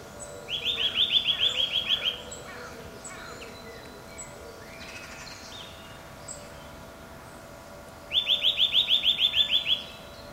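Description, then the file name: Eurasian nuthatch calling with two rapid series of ringing whistled notes, each lasting about one and a half seconds, separated by a long quiet gap with faint background noise. "Sitta europaea"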